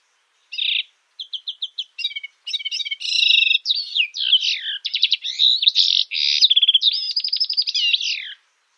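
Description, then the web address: Syrian serin song: an opening note and a few quick ticks, then a long, fast, jingling twitter of buzzy trills and rapid high notes lasting about six seconds, no other sounds. "Schulze Peter Syrian Serin song"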